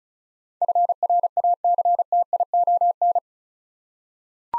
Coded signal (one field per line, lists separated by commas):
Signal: Morse code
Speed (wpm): 36 wpm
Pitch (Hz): 700 Hz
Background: none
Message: FRACTION